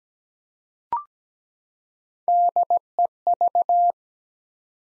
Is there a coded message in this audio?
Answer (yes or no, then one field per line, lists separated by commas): yes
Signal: Morse code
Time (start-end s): 2.3-3.9 s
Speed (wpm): 17 wpm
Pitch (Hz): 700 Hz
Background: none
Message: DEV